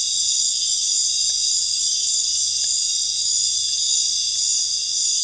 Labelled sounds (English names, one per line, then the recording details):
none
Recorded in dense forest near Puerto Asís, Putumayo, Colombia, on 19 March 2025 at 19:30
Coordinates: 0.484, -76.317
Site G064